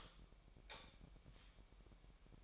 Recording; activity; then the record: daily activity, microphone in the room; light off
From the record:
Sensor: 1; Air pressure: 1012.0 hPa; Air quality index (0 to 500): 236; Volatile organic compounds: 6 ppm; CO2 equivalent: 1882 ppm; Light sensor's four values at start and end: 18/50/20/22 and 14/34/14/16